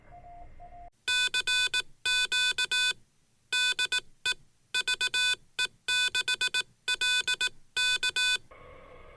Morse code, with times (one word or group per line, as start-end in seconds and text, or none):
1.1-2.9 CQ
3.5-4.3 DE
4.7-8.4 VE6LK